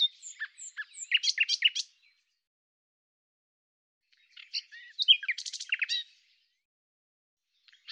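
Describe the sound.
Common nightingale song in two lively phrases of chirps, slurs and rattling trills, separated by a long quiet gap.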